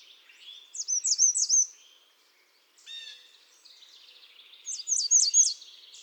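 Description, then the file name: American redstart song: two high, thin phrases of repeated wavy, sweeping notes, one near the start and one near the end, with a brief lower chirp between them. "Setophaga ruticilla"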